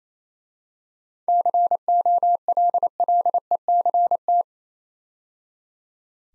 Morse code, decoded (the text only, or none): COLLECT